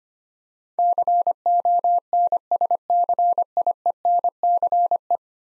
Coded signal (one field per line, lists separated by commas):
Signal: Morse code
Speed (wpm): 25 wpm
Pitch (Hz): 700 Hz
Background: none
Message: CONSCIENCE